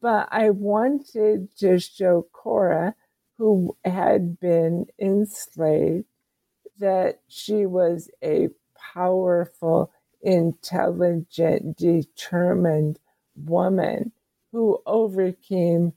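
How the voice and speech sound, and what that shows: A woman speaks slowly in short phrases broken by frequent pauses, with stretched vowels and sounds and some creaky voicing, though words stay intelligible. Her talking is limited. This slow, effortful speech is dysarthria from ALS, diagnosed about seven years earlier, in a very slow progressor.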